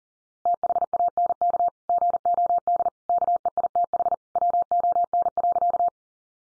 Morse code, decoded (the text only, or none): THANK GOD KEITH WON.